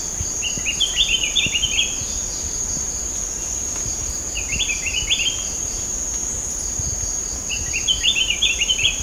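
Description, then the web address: Spectacled bulbul giving three short bursts of rapid, bubbly chattering notes over a steady high-pitched insect drone. Recorded at Sepilok on 6 August 2009. "SEPILOK 20090806. spectacled bulbul"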